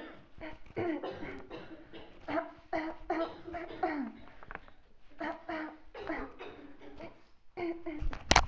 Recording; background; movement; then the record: throat clearing; a bystander coughing; walking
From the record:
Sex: female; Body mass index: 18.8 kg/m2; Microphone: on the chest, facing outward